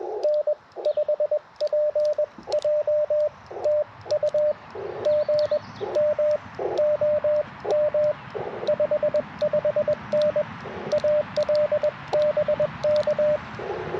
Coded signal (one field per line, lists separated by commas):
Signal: Morse code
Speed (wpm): 21 wpm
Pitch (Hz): 600 Hz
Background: radio noise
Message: N5PJ TU GM OM 55N AL BK